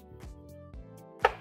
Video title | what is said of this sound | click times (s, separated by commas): MI NUEVO PATÍN ELÉCTRICO !! Xiaomi Qicycle Euni es808 | Ahí, Ah, ya ahí está, está. se traba solo. Hay que hacerlo con ganas. | 1.2 s